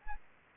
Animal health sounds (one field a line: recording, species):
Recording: mosquito wingbeat signal from an infrared sensor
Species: Anopheles arabiensis